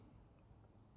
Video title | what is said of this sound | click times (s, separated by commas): Replace an American Standard Faucet with a New Moer one in under and hour....no fancy tools | you should make a loud audible snap when it's totally closed and uh | 1.0 s